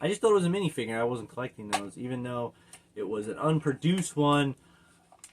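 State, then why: Seated. A small plastic toy part is fitted into a vintage-style action figure while someone talks. After the talking stops, a few faint taps lead to a small click at 5.2 s as the part locks into place.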